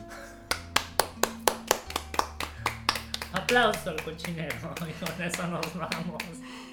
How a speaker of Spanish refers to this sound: Aplauso al cochinero y con eso nos vamos.